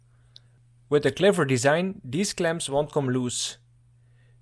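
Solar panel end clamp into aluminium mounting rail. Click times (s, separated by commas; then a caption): 0.4 s. A metal solar panel end clamp is pushed firmly into the aluminium mounting rail of a solar panel frame and seats with one sharp, short click at 0.4 s. Someone then talks from about 0.9 s to 3.6 s over a low steady hum.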